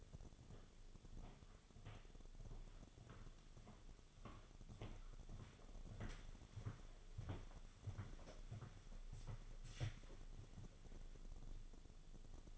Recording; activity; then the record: daily activity, microphone in the room; walk to room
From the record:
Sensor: 4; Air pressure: 1000.8 hPa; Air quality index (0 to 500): 115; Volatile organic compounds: 1 ppm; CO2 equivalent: 871 ppm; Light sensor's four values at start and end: 78/193/82/88 and 72/179/77/82